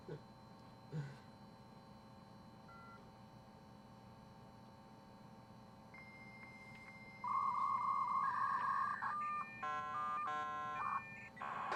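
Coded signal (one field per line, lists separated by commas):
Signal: dial-up modem handshake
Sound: quiet room, then a steady high tone, a warbling beep and shifting tone chords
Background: room hum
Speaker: so when I dial into the computer I I take the mic and put it right on the computer so y'all can hear it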